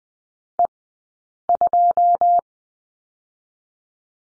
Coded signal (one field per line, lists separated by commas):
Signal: Morse code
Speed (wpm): 20 wpm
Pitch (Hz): 700 Hz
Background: none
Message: E2